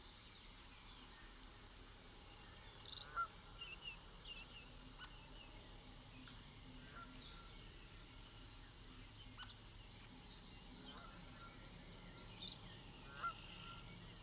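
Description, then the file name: European robin giving high, thin, slightly descending whistled calls, repeated every few seconds, with faint soft ticks and clicks between them. "Erithacus rubecula"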